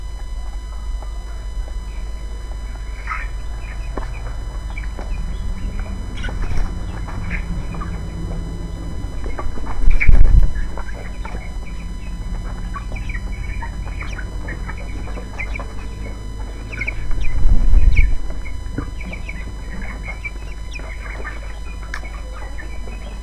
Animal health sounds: poultry house recording; background noise or bird activity such as feeding and pecking

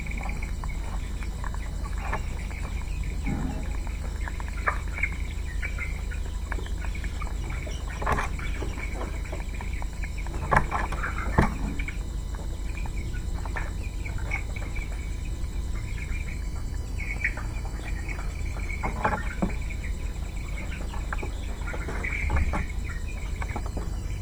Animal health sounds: poultry house recording; healthy chickens

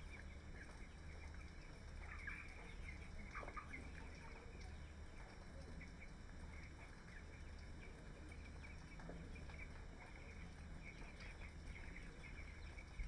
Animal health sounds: poultry house recording; healthy chickens

